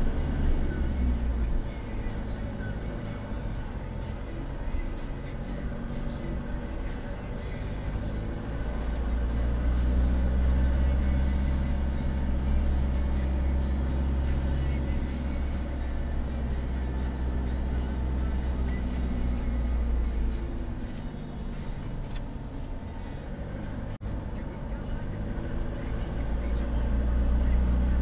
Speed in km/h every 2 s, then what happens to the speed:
10, 8, 5, 10, 14, 16, 17, 16, 15, 14, 10, 11, 11, 14.
0-5 steady at about 8. 5-9 speeds up to 16. 9-28 steady at about 14.